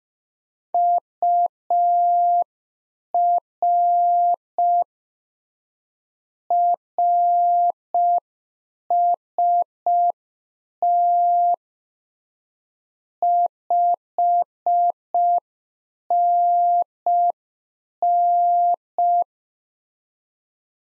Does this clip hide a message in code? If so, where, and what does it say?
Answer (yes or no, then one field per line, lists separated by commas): yes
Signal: Morse code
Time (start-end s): 0.7-19.2 s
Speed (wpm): 5 wpm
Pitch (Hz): 700 Hz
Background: none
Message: UR RST 5NN